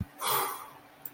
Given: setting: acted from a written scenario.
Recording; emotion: vocal sound without words; disappointment